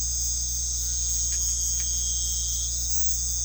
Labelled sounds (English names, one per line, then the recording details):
none
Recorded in pastures near Puerto Asís, Putumayo, Colombia, on 13 March 2025 at 21:00
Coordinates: 0.505, -76.324
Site GP08